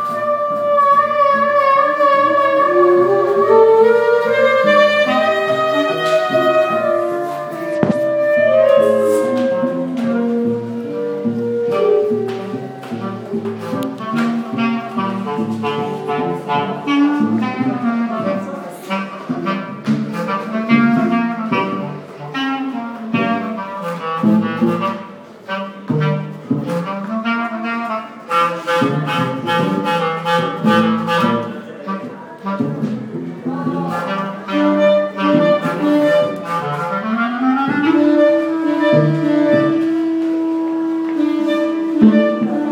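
Layered tones, opening with slow rising and falling pitched glides over the first eight seconds before settling into a dense, busy texture. Sharp clicks and taps flicker through the middle, and a steady low hum holds from about 37 seconds.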